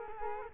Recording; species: mosquito wingbeat signal from an infrared sensor; Culex quinquefasciatus